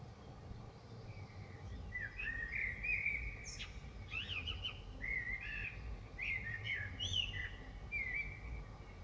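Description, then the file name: Common blackbird song, a run of mellow whistled warbles with short high twittering flourishes between them, phrases following closely one after another over a low constant hum. Recorded in Dresden. "DRESDE Merle"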